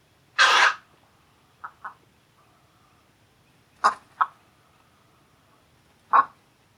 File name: Black-crowned Night-heron - Nycticorax nycticorax